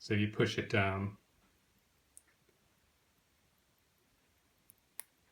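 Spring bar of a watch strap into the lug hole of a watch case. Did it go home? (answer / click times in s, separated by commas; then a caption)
yes / 5.0 s. Someone talks briefly, then the spring bar end of a watch strap is pushed down with a fingernail, which is less likely to scratch the case, into the lug hole of a metal watch case. After faint ticks near 2.2 and 4.7 seconds, a sharp, bright click at 5.0 seconds marks the spring bar snapping into the lug hole, seated.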